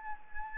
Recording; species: mosquito wingbeat signal from an infrared sensor; Anopheles arabiensis